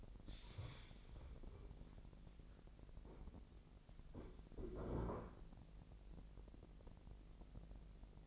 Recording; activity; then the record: daily activity, microphone in the room; stand up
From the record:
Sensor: 5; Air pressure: 1001.7 hPa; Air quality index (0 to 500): 249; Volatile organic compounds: 31 ppm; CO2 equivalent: 2982 ppm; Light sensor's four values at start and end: 46/106/44/45 and 46/106/44/45